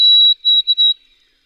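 White-throated sparrow whistles: one longer high, pure note, then three shorter matching notes at the same pitch, clean and loud.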